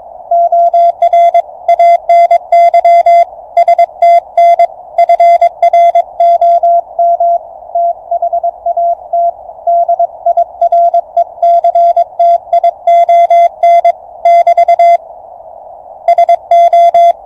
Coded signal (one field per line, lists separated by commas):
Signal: Morse code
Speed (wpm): 22 wpm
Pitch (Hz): 690 Hz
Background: none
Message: OR ANY STN FROM THAT DIRECTION <BT> SO